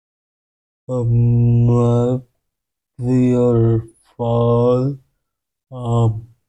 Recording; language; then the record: elicited speech; Bengali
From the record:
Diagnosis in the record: Broca's or global aphasia after a stroke